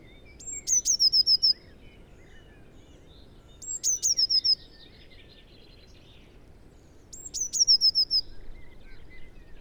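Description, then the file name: Eurasian blue tit song: high sliding notes ending in a fast trill, three phrases about three seconds apart, over steady background noise. "Cyanistes caeruleus"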